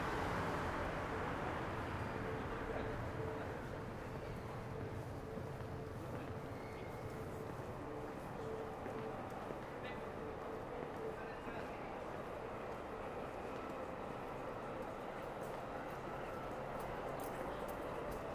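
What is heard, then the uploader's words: Daytime street sound in Akihabara: a dense, steady roar of traffic and crowd fills the whole stretch, with voices mixed into the low rumble. A faint held tone runs through the middle for several seconds, and light clicks and taps flicker above. Akihabara,daytime.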